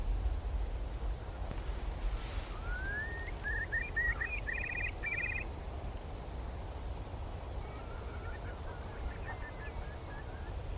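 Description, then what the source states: Eurasian curlew song: a rising whistle leading into a run of bubbling, trilling notes, then fainter bubbling later, over low steady wind noise. Several curlew flocks coming together, tumbling to lose height, at dusk on winter coastal marshes in Somerset, England.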